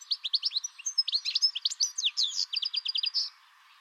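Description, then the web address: Bird song as a quick run of bright, high chirps and sweeping notes, several trilled figures in a row, ending abruptly after about three seconds. "Deverinetal"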